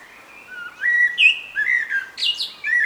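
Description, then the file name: Common blackbird singing a sequence of rich whistled notes, with a higher squeaky flourish near the end before a final fluty note. "Turdus merula"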